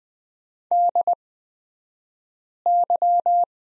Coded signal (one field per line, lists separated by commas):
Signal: Morse code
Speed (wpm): 20 wpm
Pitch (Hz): 700 Hz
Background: none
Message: DY